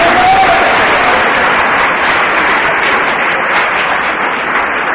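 An audience applauds the Lord, clapping loudly and steadily for several seconds, a dense, continuous wash of applause with no clear individual beats and no talking over it.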